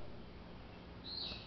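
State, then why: Not seated. A metal machine dial mounted in a numeral-stamping fixture is turned by hand toward the next graduation where its detent engages. A faint, steady noise fills the clip, with a high chirp-like tone near the end. Nothing has clicked into the detent yet.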